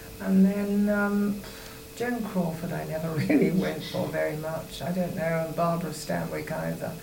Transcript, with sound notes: And then erm Joan Crawford I never really [laughs] went for very much. I don't know. Barbara Stanwyck either.